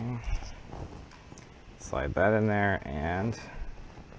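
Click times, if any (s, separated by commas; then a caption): none. A belt guide part for the belt feed path of a SeeMeCNC H2 3D printer kit is handled and slid toward its channel in the printer frame while someone talks. Faint handling taps are heard at 0.7 s and 1.4 s. Nothing has seated or clicked yet.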